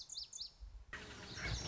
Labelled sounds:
Lazuli Bunting (Passerina amoena)
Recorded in Sonoma County, California

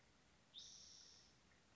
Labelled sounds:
Spotted Towhee (Pipilo maculatus)
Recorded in Sonoma County, California

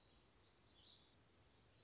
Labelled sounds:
Black-throated Gray Warbler (Setophaga nigrescens)
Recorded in Sonoma County, California

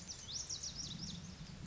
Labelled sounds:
Lazuli Bunting (Passerina amoena)
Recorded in Sonoma County, California

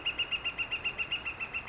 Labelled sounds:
Northern Flicker (Colaptes auratus)
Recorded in Sonoma County, California

